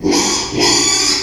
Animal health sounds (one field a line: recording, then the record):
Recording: squeal of a Yucatan mini pig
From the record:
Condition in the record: after surgery on the right vocal fold (resection and tissue-engineered implant)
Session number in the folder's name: 2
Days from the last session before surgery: 13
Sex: male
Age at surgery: 12 weeks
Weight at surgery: 13 kg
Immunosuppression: cyclosporine, prednisolone